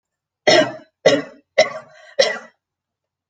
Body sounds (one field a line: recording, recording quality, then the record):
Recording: heavy voluntary cough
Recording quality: excellent, no background noise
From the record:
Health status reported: healthy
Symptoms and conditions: hypertension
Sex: female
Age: 66 years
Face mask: not worn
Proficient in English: yes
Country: India